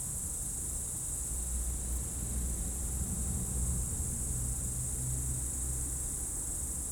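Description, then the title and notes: Insects keep up a shrill continuous chorus over a low droning hum. Insect chorus in roadside bank and trees at dusk, first hairpin bend of Col du Chat road, Bourdeau, France; a few vehicles; Tascam DAP1 DAT recorder, from a CDR burned 2006. "route col du Chat, Bourdeau, France - Tutti insectes. Dans la première épingle de la route du col du Chat à Bourdeau, insectes dans le talus et les arbres au crépuscule, avion, quelques véhicules"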